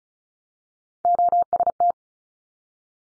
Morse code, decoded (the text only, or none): OST